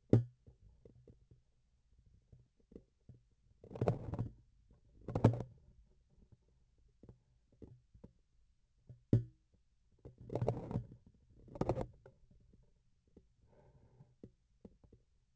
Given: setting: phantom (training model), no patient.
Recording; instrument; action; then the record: laparoscopic instrument, vibration sensor on the handle end; grasping forceps; opening and closing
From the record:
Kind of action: tool actuation without material contact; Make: other than Olympus